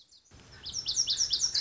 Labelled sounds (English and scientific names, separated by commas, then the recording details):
Lazuli Bunting (Passerina amoena)
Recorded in Sonoma County, California